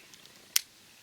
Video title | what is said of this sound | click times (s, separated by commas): REVIEW Outdoor Edge RazorPro Knife - THE BEST RAZOR KNIFE!!! | until it locks in place let go the button take the protective cover off and now you have a very | 0.6 s